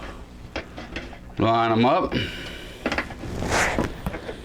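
The 8-pin CPU power cable from the power supply, which has two clips, is lined up with its clip facing the centre of the motherboard and handled over the plastic header while someone talks, with a few short plastic taps and rustles. The connector has not been pushed home yet; nothing has seated or clicked.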